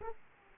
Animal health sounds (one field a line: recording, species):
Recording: mosquito wingbeat signal from an infrared sensor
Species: Aedes aegypti